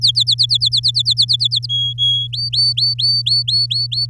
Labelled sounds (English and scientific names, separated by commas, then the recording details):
Domestic Canary (Serinus canaria) song
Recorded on 10 May 2018 at 17:28
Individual llb16